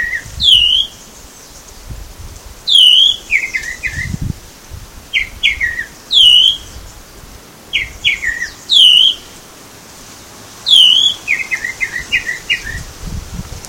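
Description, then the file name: Tropical mockingbird singing repeatedly: a bright looping whistled note, then quick clusters of descending chirps, the phrase returning every couple of seconds, with soft low noises. Recorded at Baby Beach, Aruba, on 21 November 2013. "Mimus-gilvus-Baby Beach-Aruba-21-11-13-ASilveira"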